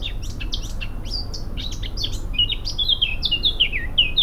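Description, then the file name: Eurasian blackcap song: a scratchy, twittering warble that turns into loud, clear fluting whistles in its second half, with a low rumble of background noise. "Sylvia atricapilla"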